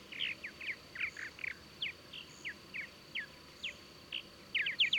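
Bird chirps, slurred downward, given singly at uneven intervals, ending in a quick cluster of brighter notes, with a faint high hum.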